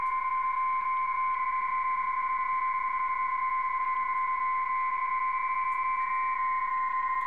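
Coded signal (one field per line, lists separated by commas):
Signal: PSK31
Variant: BPSK31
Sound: steady warbling tone near 1 kHz with fainter constant tones higher up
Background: radio static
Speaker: he's way down at the bottom of the spectrum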